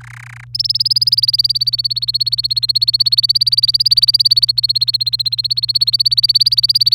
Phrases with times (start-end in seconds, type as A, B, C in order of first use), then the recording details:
0.01-0.44 A, 0.55-6.95 B. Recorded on 27 April 2018 at 06:04. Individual llb3